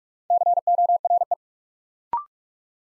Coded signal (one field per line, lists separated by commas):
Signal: Morse code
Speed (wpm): 44 wpm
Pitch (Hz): 700 Hz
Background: none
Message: CORE